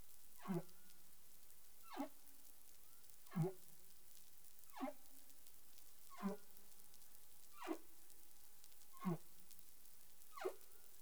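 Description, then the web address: Humpback whale calls: eight brief falling whoops, each ending in a low grunt, given in a series against soft underwater hiss. Caribbean waters; recorded 20 April 2021 at 03:38 UTC. "CARIMAM. humpback whale 20210420 033842 UTC"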